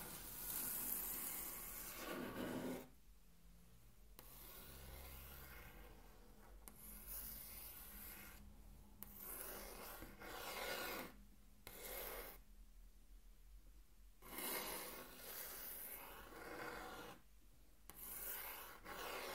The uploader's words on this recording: Intense Table Tracing (No Talking).